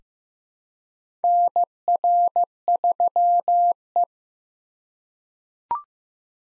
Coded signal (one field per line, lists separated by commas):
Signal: Morse code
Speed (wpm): 15 wpm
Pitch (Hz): 700 Hz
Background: none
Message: NR3E